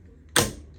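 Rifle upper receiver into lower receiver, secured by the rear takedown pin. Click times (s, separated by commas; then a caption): 0.4 s. An AR rifle upper receiver is pivoted shut onto the lower receiver, where it is secured by the rear takedown pin. It snaps closed with a single sharp, loud metal click at 0.4 s, and the receiver is seated.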